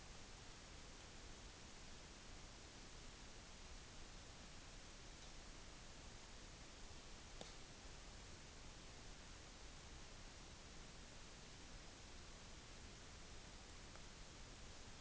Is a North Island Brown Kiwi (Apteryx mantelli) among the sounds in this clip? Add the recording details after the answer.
no. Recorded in New Zealand on 16 June 2014. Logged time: 02:19